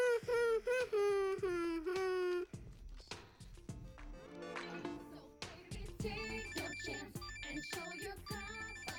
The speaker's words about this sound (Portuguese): Olha, preciso de uma campainha que combine com a minha personalidade. Yeah! Eu achei essa mesmo!